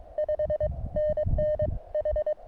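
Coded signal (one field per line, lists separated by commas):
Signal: Morse code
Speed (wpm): 22 wpm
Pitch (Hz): 590 Hz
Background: none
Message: 5NN H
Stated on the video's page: SOTA summit activation on an overnight desert hiking trip.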